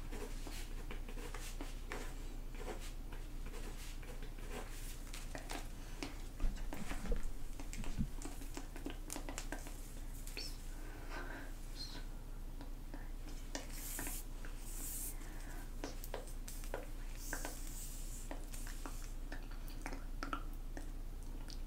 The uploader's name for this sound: Measuring You & Inaudible Whispering